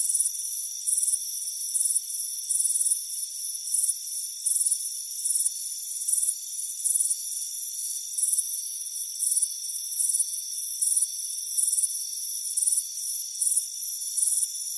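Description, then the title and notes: Crickets give high, buzzy chirp bursts repeating steadily, layered over a constant shrill chorus. Crickets chirping on a warm afternoon on a front porch. "Soothing Crickets Chirping Sound. It's a warm afternoon as you relax in a hammock on the front porch. Relax and fall asleep to the soothing sound of chirping crickets. Deep Sleep Sounds"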